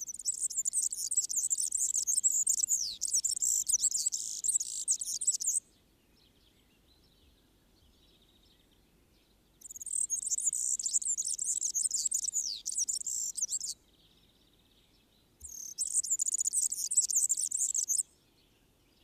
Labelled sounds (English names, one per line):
Marsh Warbler song